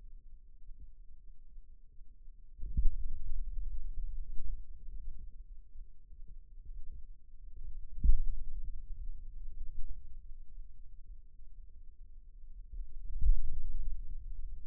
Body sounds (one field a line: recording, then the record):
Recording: forearm muscle sounds (acoustic myography)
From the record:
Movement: finger pinch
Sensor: system 2, bracelet of six BSWA MPA416 microphones around the upper forearm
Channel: 2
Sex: male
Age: 22 years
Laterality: right